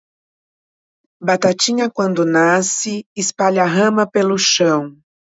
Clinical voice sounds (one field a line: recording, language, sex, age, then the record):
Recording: short text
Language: Brazilian Portuguese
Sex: female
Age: 50 to 59 years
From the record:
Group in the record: control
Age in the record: 53 years